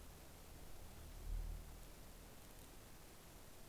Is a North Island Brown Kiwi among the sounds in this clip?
no